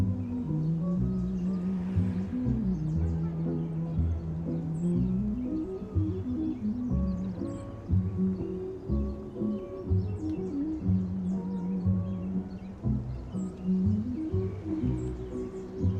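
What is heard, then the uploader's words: Summer oldies play in another room, heard as a muffled, continuous song with a clear moving melody and steady thumping low notes. The sound stays dull, the treble mostly lost, and the volume holds even throughout with small rhythmic swells. Summer oldies playing in another room. You have your window open the birds are singing the cars passing.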